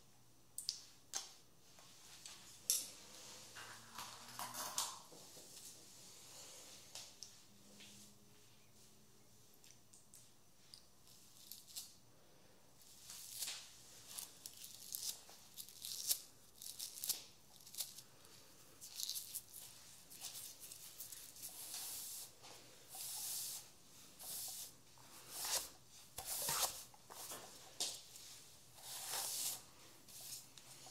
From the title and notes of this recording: Haircut Real Hair and No Talking.